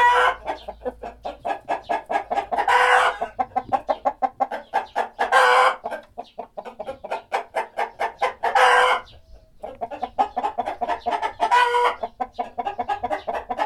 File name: chickens clucking with birds in the background